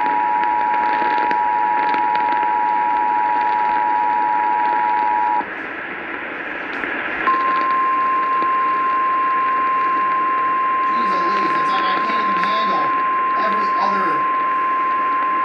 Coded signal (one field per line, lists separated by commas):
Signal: Emergency Alert System (SAME) tones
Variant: 853 and 960 Hz attention tone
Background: speech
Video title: RECORD-BREAKING NIGHT - EAS Alerts from 07/14/2021 (EAS #188-225)